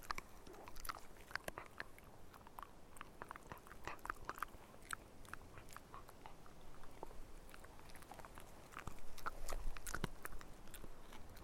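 A dog eating, with crisp, irregular crunches and bites coming several times a second across the whole clip. The snaps are sharp and bright over a low, steady rumble, growing slightly louder and busier near the end.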